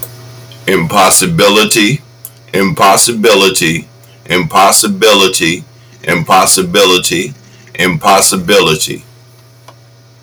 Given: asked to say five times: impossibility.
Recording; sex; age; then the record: repeated word; male; 60 to 69 years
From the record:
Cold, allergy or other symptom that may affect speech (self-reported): no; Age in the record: 63 years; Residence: Pennsylvania, United States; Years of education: 12